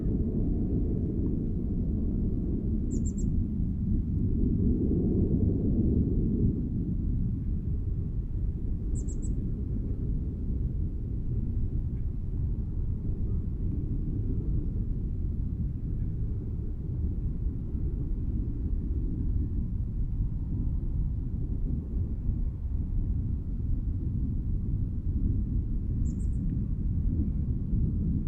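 Steady low rumbling wind-like roar fills the Manzanita Barren, swelling around five seconds, with three brief high chirps near 3, 9 and 26 seconds.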